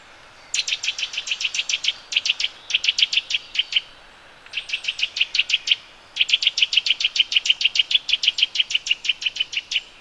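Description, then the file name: Eurasian nuthatch calling in rapid runs of sharp, high piping notes, separated by short pauses. "Sitta europaea"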